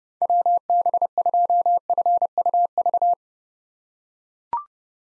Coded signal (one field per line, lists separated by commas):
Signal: Morse code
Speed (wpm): 31 wpm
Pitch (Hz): 700 Hz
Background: none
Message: WB2FUV